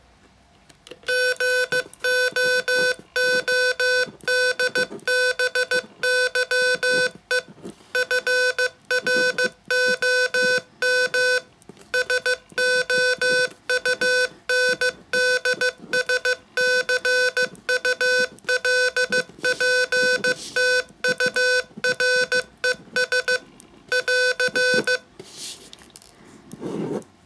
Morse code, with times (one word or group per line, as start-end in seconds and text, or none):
1.1-7.4 GOODBYE
7.9-11.4 FROM
11.9-23.4 SOUNDSCULPTURES
23.9-25.0 <AR>